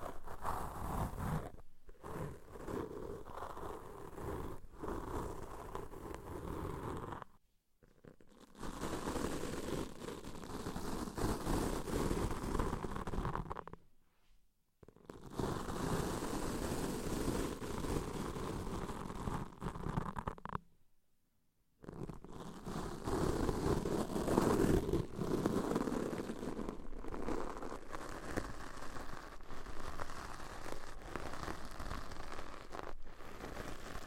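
Deep ear cleaning sounds: dense, crackling scratching and rubbing that fills the range from low thuds to bright fizz, shifting texture constantly. The sound cuts to silence three times, briefly near 2 seconds and for about a second around 8, 14 and 21 seconds, then resumes.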